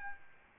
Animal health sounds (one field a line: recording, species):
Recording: mosquito wingbeat signal from an infrared sensor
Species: Aedes albopictus